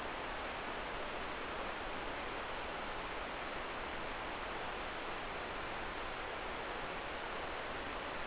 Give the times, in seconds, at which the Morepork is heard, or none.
none